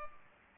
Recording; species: mosquito wingbeat signal from an infrared sensor; Culex pipiens